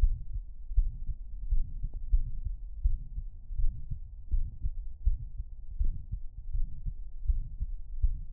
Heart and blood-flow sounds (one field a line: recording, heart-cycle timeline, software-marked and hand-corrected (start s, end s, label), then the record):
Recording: heart sounds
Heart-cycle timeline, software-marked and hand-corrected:
0.01	0.17	S1
0.17	0.35	systole
0.35	0.43	S2
0.43	0.75	diastole
0.75	0.91	S1
0.91	1.09	systole
1.09	1.17	S2
1.17	1.51	diastole
1.51	1.65	S1
1.65	1.79	systole
1.79	1.85	S2
1.85	2.11	diastole
2.11	2.25	S1
2.25	2.43	systole
2.43	2.53	S2
2.53	2.83	diastole
2.83	2.95	S1
2.95	3.15	systole
3.15	3.25	S2
3.25	3.57	diastole
3.57	3.73	S1
3.73	3.93	systole
3.93	4.01	S2
4.01	4.31	diastole
4.31	4.45	S1
4.45	4.65	systole
4.65	4.73	S2
4.73	5.05	diastole
5.05	5.19	S1
5.19	5.39	systole
5.39	5.47	S2
5.47	5.79	diastole
5.79	5.93	S1
5.93	6.13	systole
6.13	6.21	S2
6.21	6.55	diastole
6.55	6.67	S1
6.67	6.87	systole
6.87	6.95	S2
6.95	7.27	diastole
7.27	7.43	S1
7.43	7.61	systole
7.61	7.71	S2
7.71	8.03	diastole
8.03	8.17	S1
8.17	8.33	systole
From the record:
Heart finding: mitral regurgitation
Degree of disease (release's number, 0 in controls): 2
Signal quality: good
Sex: male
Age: 79 years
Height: 1.75 m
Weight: 80 kg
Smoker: yes